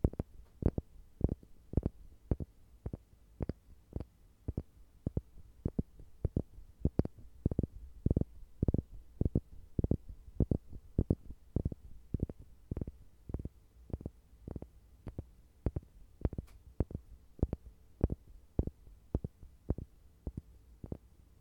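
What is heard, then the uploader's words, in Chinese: Light tapping repeats steadily throughout, with sharp, short knocks landing about twice per second at a fairly even pace. Each tap is low and dull with a quick crisp edge, over a quiet, faintly hissing background. 轻微敲击声。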